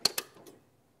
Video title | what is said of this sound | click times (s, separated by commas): Kankakee County Election Judge Training - Touch Screen | if you hear a little click it should be in you can even put a little pressure on it to pull it up and it shouldn't come out | 0.1 s